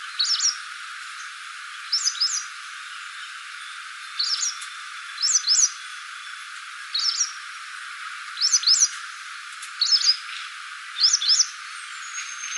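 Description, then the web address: White wagtail giving repeated sharp double-note chirps, about eight paired calls at irregular intervals over a constant background hiss. "cianscape birddata Deverinetal 2025"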